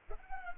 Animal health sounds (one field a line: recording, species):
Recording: mosquito wingbeat signal from an infrared sensor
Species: Culex pipiens